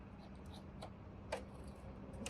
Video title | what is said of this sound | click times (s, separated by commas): Premium Digital Instrument Cluster for Ford FG & FGX Falcon - Full Installation | Again, hearing that click, just like that. | 2.3 s